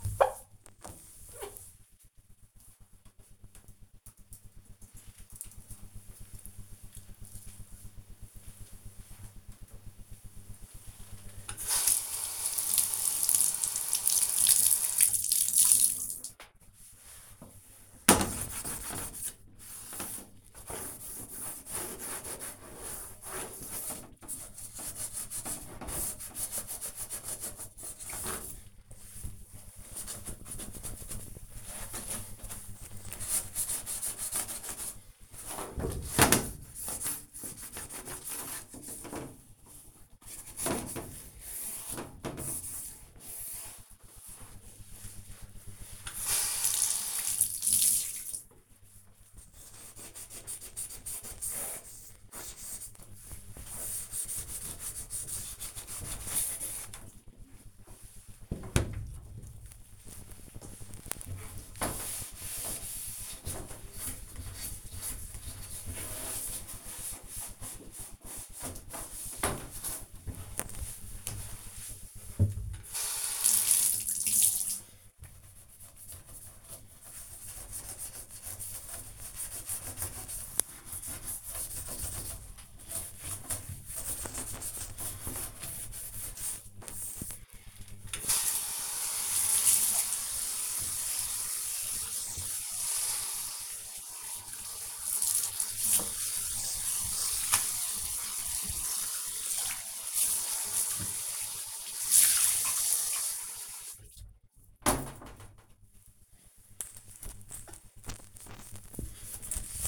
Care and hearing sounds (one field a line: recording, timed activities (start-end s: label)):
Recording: household activities, microphone on the right wrist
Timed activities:
0.00-2.58 s: bathroom cleaning (bathtub)
9.61-109.88 s: bathroom cleaning (bathtub)